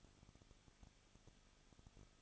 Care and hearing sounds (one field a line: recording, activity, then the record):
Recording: daily activity, microphone in the room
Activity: no activity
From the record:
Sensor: 4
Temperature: 23.1 degrees Celsius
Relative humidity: 34.3%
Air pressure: 1007.2 hPa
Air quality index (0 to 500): 214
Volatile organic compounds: 14 ppm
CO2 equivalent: 2463 ppm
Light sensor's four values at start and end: 2/3/1/1 and 2/3/1/1